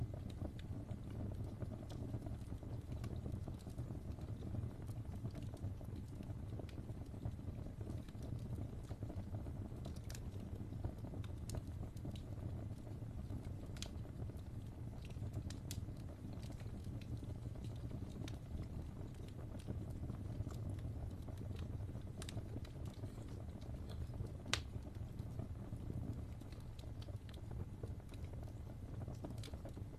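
A log fire burns with a steady, deep roar running under the whole half minute. Sharp crackles and pops snap through it at irregular moments, a few every second or two, with a louder pop near the 24-second mark.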